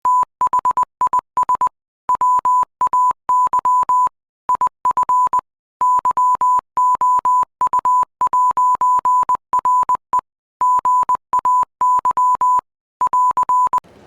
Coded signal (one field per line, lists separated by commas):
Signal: Morse code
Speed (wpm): 20 wpm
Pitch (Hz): 1000 Hz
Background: music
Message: THIS WAY IF YOU'RE GAY <AR>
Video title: ‘Singing Sailor’ uses anti-homophobia Morse code to deter Russian military